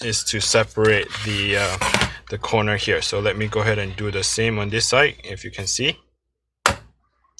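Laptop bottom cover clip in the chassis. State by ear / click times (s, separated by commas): released / 6.7 s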